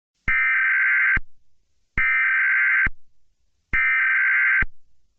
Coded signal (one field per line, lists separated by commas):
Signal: Emergency Alert System (SAME) tones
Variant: header bursts